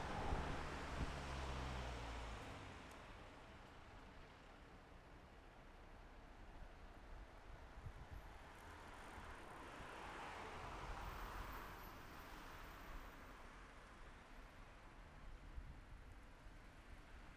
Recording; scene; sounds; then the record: everyday scene through a hearing-aid microphone; in traffic; traffic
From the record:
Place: city secondary road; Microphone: behind the ear, left, front